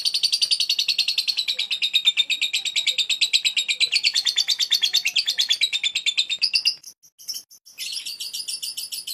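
Lovebird chatter: rapid, shrill high chirps, broken by a short pause near seven seconds before resuming.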